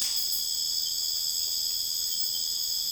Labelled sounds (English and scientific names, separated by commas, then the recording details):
none
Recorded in dense forest near Puerto Asís, Putumayo, Colombia, on 21 December 2024 at 02:30
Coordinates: 0.484, -76.325
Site G056